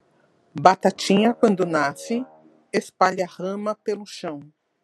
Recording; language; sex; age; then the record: short text; Brazilian Portuguese; female; 50 to 59 years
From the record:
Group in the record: control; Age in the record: 54 years